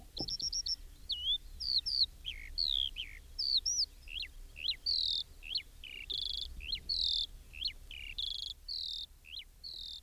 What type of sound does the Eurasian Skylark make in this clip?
song